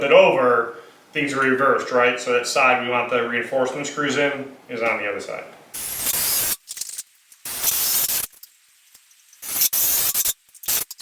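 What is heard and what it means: Someone talks, then a construction lag screw is driven into a pressure-treated wooden bottom plate in bursts of a bright, hissing, whirring drive noise from about 5.8 s to 11 s, with short sharp ticks near 6.7, 6.8, 10.6 and 10.9 s. The screw recesses about a sixteenth of an inch, then keeps spinning and strips the threads out of the wood, likely because the pressure-treated wood compresses less. Nothing seats or clicks.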